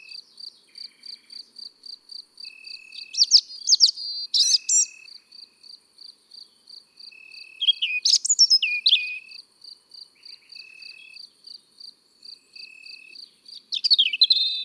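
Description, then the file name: European robin song: a few separate bursts of high, fluid, tumbling notes, over a steady rhythmic cricket chirp and occasional thin level tones. Singing in the countryside. "Rougegorge familier Chants doiseaux dans la campagne"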